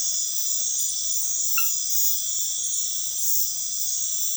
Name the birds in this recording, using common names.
none